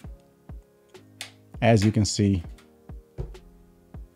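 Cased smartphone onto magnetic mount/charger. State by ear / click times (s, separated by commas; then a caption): seated / 1.2 s. An iPhone 14 Pro Max in a TORRAS MagSafe UPRO Ostand case is set onto a magnetic MagSafe mount or charger, and its magnets pull it on with a sharp clack at 1.2 s as it snaps into place. Soft rhythmic beats of background music play throughout while someone talks. The cased phone is seated firmly on the magnetic mount.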